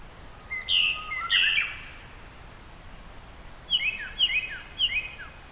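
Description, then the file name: Japanese thrush song: two loud whistled phrases, then after a pause three quicker phrases of descending whistled notes. "kurotsu"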